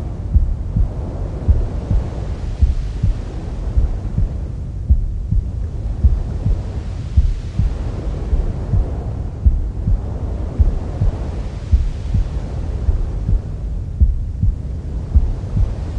Womb Sounds with Mother's Heartbeat.